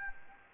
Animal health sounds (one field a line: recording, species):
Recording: mosquito wingbeat signal from an infrared sensor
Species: Anopheles gambiae